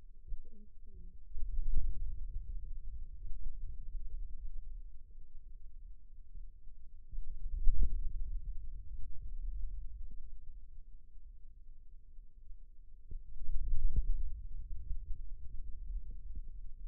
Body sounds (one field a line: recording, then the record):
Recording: forearm muscle sounds (acoustic myography)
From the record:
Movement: hand closing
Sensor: system 2, bracelet of six BSWA MPA416 microphones around the upper forearm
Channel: 2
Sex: male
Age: 22 years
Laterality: right